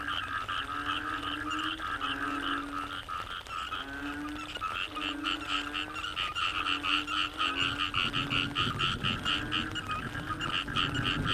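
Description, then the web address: A frog chorus of rapid, repeated croaking pulses over drawn-out low tones, growing busier and louder toward the end. Wetland frog chorus recorded at Cherating wetlands, Malaysia. "yamaha frogs cherating wetlands. audio soundscape malaysia"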